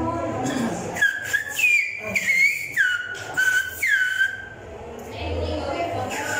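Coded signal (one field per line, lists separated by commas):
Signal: whistled language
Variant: Silbo Gomero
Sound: a loud gliding whistle rising and falling in pitch, in several connected phrases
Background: faint room noise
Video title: Silbar con dedo ajeno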